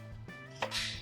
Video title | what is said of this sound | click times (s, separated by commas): Using the Milescraft Edge and Mortice Guide | which is just a matter of holding it in there, turning it until it clicks and locks on. | 0.6 s